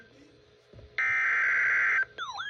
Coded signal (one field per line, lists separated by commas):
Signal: Emergency Alert System (SAME) tones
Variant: header bursts